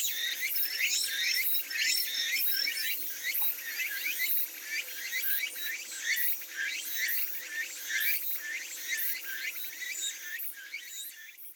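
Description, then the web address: Bird calls in a dense chorus: high squeaky chirps with quick upward sweeps, repeated roughly once a second, overlapping without pause. "yacho koe"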